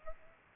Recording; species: mosquito wingbeat signal from an infrared sensor; Aedes aegypti